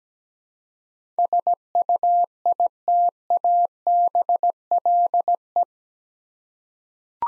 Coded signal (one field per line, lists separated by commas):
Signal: Morse code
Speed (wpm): 17 wpm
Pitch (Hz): 700 Hz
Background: none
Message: SUITABLE